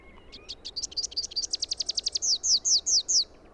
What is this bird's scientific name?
Basileuterus rufifrons